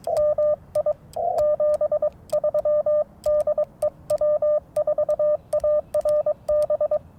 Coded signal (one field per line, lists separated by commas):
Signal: Morse code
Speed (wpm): 22 wpm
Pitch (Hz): 1200 Hz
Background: radio noise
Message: MI 73 DE W4ARB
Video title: Morning Morse Code at Tuskegee National Forest K-4451 - 12/27/23